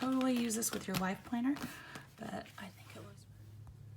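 Someone talks while handling an accessory being fitted into the binding of a 2019 Erin Condren Teacher Planner, after trouble getting it to snap in. A faint short sound comes near the end over a low steady hum, but nothing has seated or clicked yet.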